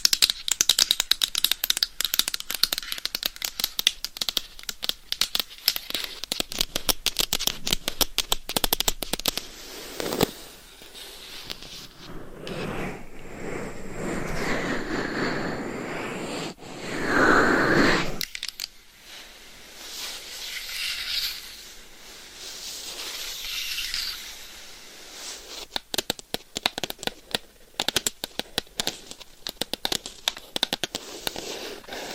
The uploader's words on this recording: ASMR Binaural Dummy Head Mic Scratching & Tapping with Claws 100% Tingles - ASMR No Talking.